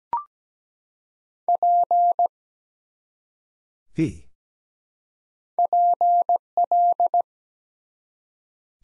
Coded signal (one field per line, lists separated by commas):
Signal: Morse code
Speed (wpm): 17 wpm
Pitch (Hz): 700 Hz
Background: none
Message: P PL